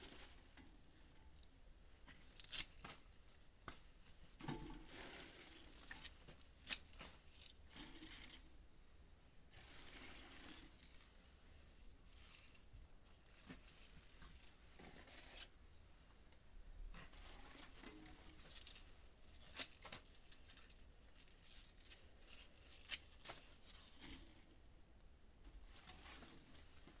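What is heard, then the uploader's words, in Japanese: Harvested mizukake-na greens are prepared for shipping in the evening, weighed and bundled with tape. Soft rustling and handling noises run throughout, broken by sharp clicks or snaps at about 2.5, 7, 19.5 and 23 seconds, with brief scraping bursts between. 夕方、収穫してきた水かけ菜の、出荷準備をしています。秤で重さをはかり、テープで巻き付けて束にしていきます。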